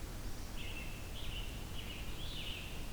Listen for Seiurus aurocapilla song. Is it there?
no